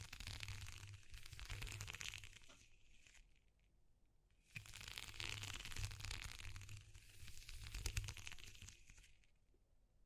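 Textures being explored for ASMR: dense bursts of crinkling, crackling handling noise come in waves, from the start to about three seconds, again around 4.5 to 6.5 seconds, and from 7 to 9 seconds. Between the bursts are quieter gaps with soft low thumps and rustles.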